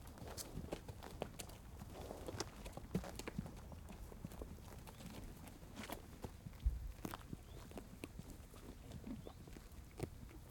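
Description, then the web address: Horse noises of scattered clopping thuds and crisp crunching clicks at an uneven pace, set against quiet low outdoor background noise. Horse in a rural countryside farm ranch pasture, snorting, chewing and trotting. "Systematic Sound - General Ambience Series. AMBFarm Ranch Horse Pasture Snorting Chewing Trotting"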